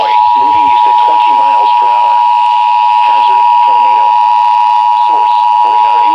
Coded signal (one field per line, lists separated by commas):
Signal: Emergency Alert System (SAME) tones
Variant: 853 and 960 Hz attention tone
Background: speech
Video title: More Slight Risk Alerts from Sandhills EAS Alerts from 8/21/2026 (EAS #1358-1386)